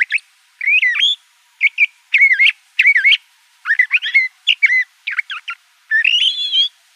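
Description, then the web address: Le Conte's thrasher delivering a steady string of varied whistled phrases, slurred up and down, with short gaps, clean background. Arizona. "Mimids LCTH. deviche"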